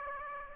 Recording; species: mosquito wingbeat signal from an infrared sensor; Aedes aegypti